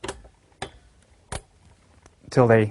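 The remaining two heatsink corner push pins are pressed firmly into the motherboard mounting holes, with the board out of the system in a tray. Sharp clicks sound, the loudest at 0.6 s as a pin locks into place, and someone talks at the end. The pins are seated.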